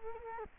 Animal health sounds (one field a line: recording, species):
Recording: mosquito wingbeat signal from an infrared sensor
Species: Culex quinquefasciatus